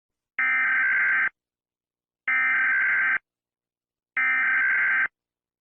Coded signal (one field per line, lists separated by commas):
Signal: Emergency Alert System (SAME) tones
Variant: header bursts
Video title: 10/29/93 EAS